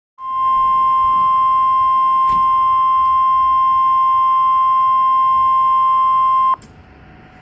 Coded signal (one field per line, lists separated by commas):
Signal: Emergency Alert System (SAME) tones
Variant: 1050 Hz attention tone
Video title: EAS #51